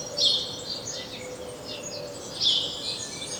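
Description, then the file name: House sparrow chirps, two loud bright chirps about two seconds apart, with softer twittering between them and low steady background noise. "Passer domesticus"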